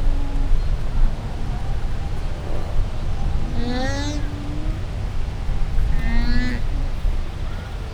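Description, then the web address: Llama calls, two harmonic bleats a couple of seconds apart, wavering in pitch, heard over heavy low-frequency background rumble. Recorded at a zoo in Győr, Hungary, in 2014; calls fairly well audible; wind had eased. "allathangok gyorizoo 2014. lama"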